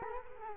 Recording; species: mosquito wingbeat signal from an infrared sensor; Culex quinquefasciatus